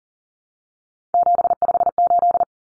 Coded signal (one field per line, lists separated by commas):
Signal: Morse code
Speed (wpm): 40 wpm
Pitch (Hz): 700 Hz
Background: none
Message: 758